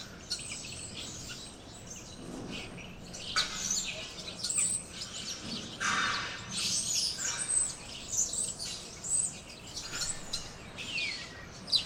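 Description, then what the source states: Birds chirping in a busy chorus, quick high twitters and a few downslurred notes, rising in activity after three seconds. Birds in a tree.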